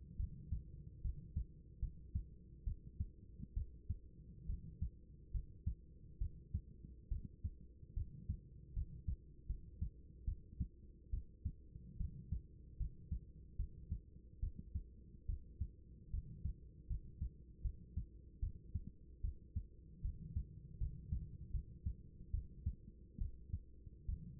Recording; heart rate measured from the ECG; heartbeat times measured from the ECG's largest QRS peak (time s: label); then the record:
heart sounds by stethoscope; 73 bpm
0.16 s: heartbeat
1.01 s: heartbeat
1.79 s: heartbeat
2.64 s: heartbeat
3.53 s: heartbeat
4.46 s: heartbeat
5.31 s: heartbeat
6.18 s: heartbeat
7.08 s: heartbeat
7.93 s: heartbeat
8.73 s: heartbeat
9.46 s: heartbeat
10.25 s: heartbeat
11.10 s: heartbeat
11.97 s: heartbeat
12.77 s: heartbeat
13.56 s: heartbeat
14.40 s: heartbeat
15.26 s: heartbeat
16.10 s: heartbeat
16.87 s: heartbeat
17.62 s: heartbeat
18.39 s: heartbeat
19.21 s: heartbeat
20.01 s: heartbeat
20.78 s: heartbeat
21.51 s: heartbeat
22.31 s: heartbeat
23.18 s: heartbeat
24.05 s: heartbeat
From the record:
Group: healthy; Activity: rest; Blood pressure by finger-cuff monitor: 126/90 mmHg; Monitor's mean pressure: 102 mmHg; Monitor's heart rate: 72 bpm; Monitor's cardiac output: 5.7 L/min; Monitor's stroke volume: 77 mL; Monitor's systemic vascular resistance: 1340 dyn s/cm5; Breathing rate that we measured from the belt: 15 breaths a minute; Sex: female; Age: 24 years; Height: 163 cm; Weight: 55.7 kg